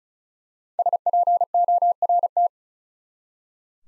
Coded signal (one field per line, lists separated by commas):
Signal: Morse code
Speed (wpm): 36 wpm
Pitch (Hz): 700 Hz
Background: none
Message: SPORT